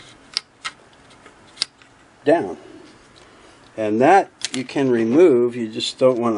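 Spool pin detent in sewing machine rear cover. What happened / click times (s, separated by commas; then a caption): The pin clicked down into its lower detent / 0.4 s, 1.6 s. On a Singer Model 353 Genie sewing machine, the pop-up spool pin is pushed down in the rear cover, and its hitch pin clicks into the lower cutout of the pin in the plastic mounting piece. Sharp clicks are heard at 0.4 s and 1.6 s, and then someone talks. The spool pin is seated in its lowered position.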